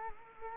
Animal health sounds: mosquito wingbeat signal from an infrared sensor; Culex quinquefasciatus

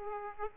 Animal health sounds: mosquito wingbeat signal from an infrared sensor; Aedes aegypti

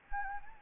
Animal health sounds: mosquito wingbeat signal from an infrared sensor; Anopheles gambiae

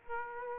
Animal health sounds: mosquito wingbeat signal from an infrared sensor; Aedes aegypti

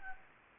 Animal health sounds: mosquito wingbeat signal from an infrared sensor; Anopheles gambiae

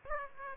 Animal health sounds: mosquito wingbeat signal from an infrared sensor; Aedes aegypti

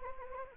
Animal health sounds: mosquito wingbeat signal from an infrared sensor; Anopheles gambiae

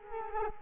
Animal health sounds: mosquito wingbeat signal from an infrared sensor; Culex quinquefasciatus

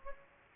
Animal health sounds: mosquito wingbeat signal from an infrared sensor; Anopheles gambiae

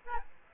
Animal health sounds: mosquito wingbeat signal from an infrared sensor; Aedes aegypti

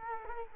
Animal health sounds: mosquito wingbeat signal from an infrared sensor; Culex quinquefasciatus

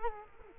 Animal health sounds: mosquito wingbeat signal from an infrared sensor; Culex quinquefasciatus

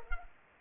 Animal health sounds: mosquito wingbeat signal from an infrared sensor; Culex pipiens

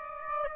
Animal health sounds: mosquito wingbeat signal from an infrared sensor; Aedes aegypti

